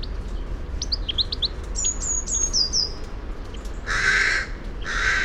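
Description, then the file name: Eurasian blue tit calling with short high chips, then a thin phrase of level notes dropping into downslurs, followed by two loud harsh caws from another bird. "Cyanistes caeruleus"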